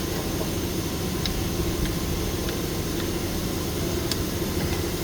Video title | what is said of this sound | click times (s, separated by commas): Chevy Express 4500 School Bus brakes service | So I'm just going to give it 25 on double check it. Hear the click. | 1.3 s, 4.1 s